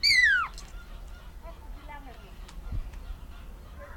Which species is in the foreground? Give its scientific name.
Glaucidium perlatum